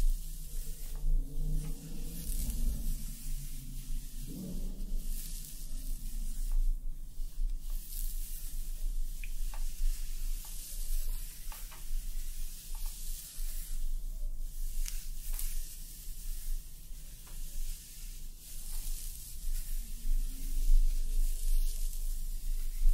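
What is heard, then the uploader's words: Hair being played with, a steady crinkly crackle and hiss of strands rubbing that runs through the whole clip, with brief sharper rustles every few seconds. A low murmuring tone surfaces in the first five seconds and again around the twenty-second mark. ASMR Friend Plays With Your Hair Until You Fall Asleep hair play personal attention roleplay.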